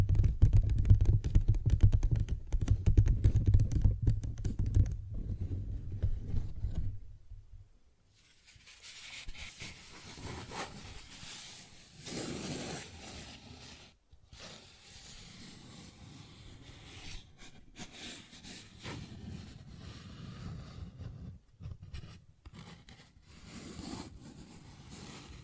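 Fingers tap and scratch at a paper bag. The first seven seconds are dense, rapid drumming with a heavy low thud, then a brief silence. After that come lighter, crinkly scratches and rustles in uneven bursts, with short pauses around 14 and 22 seconds.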